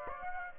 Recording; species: mosquito wingbeat signal from an infrared sensor; Aedes aegypti